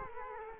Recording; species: mosquito wingbeat signal from an infrared sensor; Culex quinquefasciatus